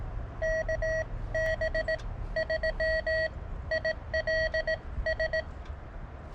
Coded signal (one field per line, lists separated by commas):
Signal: Morse code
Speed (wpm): 18 wpm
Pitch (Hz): 640 Hz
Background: none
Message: KB3ILS